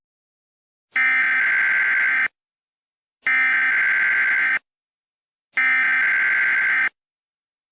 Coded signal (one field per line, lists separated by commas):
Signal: Emergency Alert System (SAME) tones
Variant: header bursts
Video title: RUN Part 1| EAS Scenario